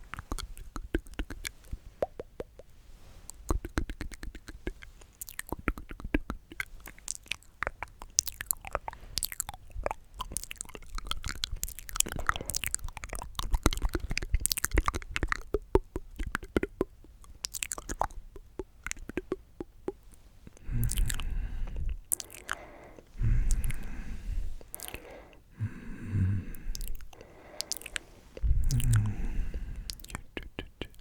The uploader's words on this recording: ASMR The MOST Tingly MOUTH Sounds.